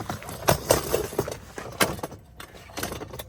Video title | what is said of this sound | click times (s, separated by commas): My New INFLATABLE SEAPRO FISHING BOAT! | and then they will click into place. | 1.8 s